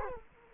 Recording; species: mosquito wingbeat signal from an infrared sensor; Culex quinquefasciatus